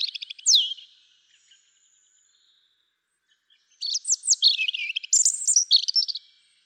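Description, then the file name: European robin song: a brief trilled phrase with a sharp downslurred note, a long silence, then a fast series of sliding whistles and high trills. "Erithacus rubecula"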